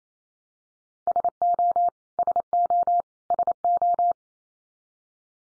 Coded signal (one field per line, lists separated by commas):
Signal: Morse code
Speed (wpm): 28 wpm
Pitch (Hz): 700 Hz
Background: none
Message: SO SO SO